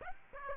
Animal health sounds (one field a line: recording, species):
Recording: mosquito wingbeat signal from an infrared sensor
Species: Aedes aegypti